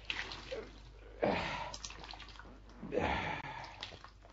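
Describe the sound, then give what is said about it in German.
A wet rag is wrung out in two squeezes, each releasing a splattering, trickling gush of water with quieter drips in between. “Gib her, dann wind ich ihn aus.”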